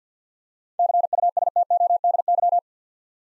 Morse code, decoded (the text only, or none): CUSTODY